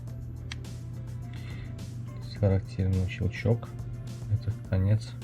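An audio cable plug is pushed into the socket on a SteelSeries Arctis Pro gaming headset earcup and seats with one sharp, short click at 0.5 s. Background music plays throughout, and someone talks.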